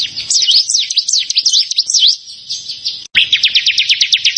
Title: Ciblek Sawah